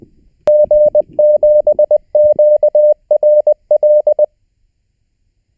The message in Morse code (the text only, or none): G7QRL